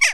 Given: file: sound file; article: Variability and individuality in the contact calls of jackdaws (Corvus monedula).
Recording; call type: jackdaw call; harmonic